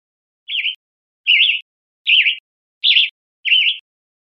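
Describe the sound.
A bird giving five short, warbling, wavering notes, each about a quarter-second long and repeated roughly every three quarters of a second, against complete silence.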